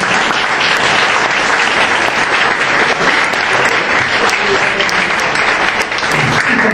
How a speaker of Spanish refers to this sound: Un aplauso.